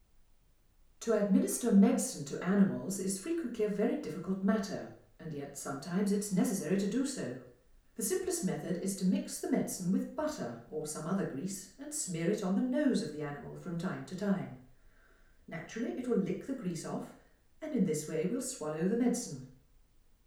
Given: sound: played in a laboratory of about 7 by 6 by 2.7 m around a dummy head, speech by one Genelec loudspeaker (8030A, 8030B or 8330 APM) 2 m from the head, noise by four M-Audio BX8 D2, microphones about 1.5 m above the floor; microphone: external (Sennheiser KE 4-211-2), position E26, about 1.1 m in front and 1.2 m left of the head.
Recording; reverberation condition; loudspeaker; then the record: female speech in English; medium; 120 degrees to the left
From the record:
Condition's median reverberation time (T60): about 510 ms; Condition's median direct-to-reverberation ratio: about -0.5 dB